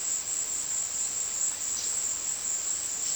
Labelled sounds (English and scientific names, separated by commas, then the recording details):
none
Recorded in secondary vegetation near Puerto Asís, Putumayo, Colombia, on 20 February 2024 at 16:00
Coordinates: 0.472, -76.331
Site G6371